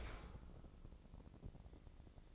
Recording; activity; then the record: daily activity, microphone in the room; open dishwasher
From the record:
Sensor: 5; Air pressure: 1012.4 hPa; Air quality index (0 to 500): 156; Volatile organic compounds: 2 ppm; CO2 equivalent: 1064 ppm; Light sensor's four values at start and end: 112/268/114/128 and 112/270/114/128